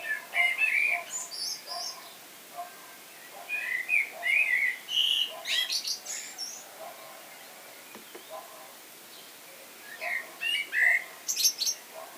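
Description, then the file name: Common blackbird song: short fluty warbled phrases around mid pitch, each ending in thin, high squeaky twitters, in several bursts separated by brief pauses. "Turdus merula"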